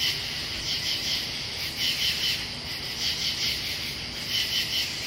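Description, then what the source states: Katydid chorus: raspy pulsed bursts of two to three notes, overlapping callers forming a steady high buzzing band, with low rumbling background noise. Pennsylvania.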